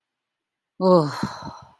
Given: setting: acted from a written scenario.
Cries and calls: vocal sound without words; disappointment

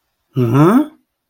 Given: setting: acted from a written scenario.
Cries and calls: vocal sound without words; realization

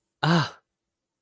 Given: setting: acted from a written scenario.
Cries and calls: vocal sound without words; positive surprise

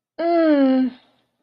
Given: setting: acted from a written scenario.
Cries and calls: vocal sound without words; pain

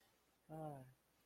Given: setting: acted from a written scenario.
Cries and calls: vocal sound without words; disappointment

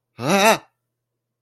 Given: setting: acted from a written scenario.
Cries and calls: vocal sound without words; negative surprise

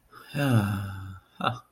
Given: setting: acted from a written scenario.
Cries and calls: vocal sound without words; serenity

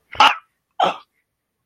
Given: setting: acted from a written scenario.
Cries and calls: vocal sound without words; negative surprise

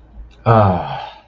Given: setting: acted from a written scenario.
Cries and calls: vocal sound without words; contentment

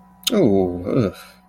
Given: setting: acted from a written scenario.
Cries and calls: vocal sound without words; negative surprise

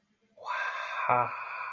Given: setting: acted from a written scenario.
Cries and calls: vocal sound without words; awe

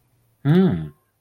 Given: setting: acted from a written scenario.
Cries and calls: vocal sound without words; interest

